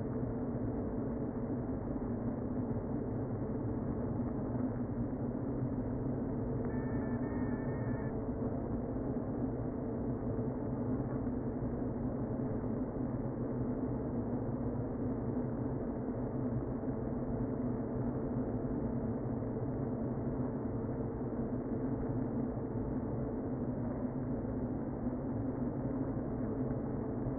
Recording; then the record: honeybee colony, microphone inside the hive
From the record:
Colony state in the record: queen present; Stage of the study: before two queens were removed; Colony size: about 60,000 bees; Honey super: yes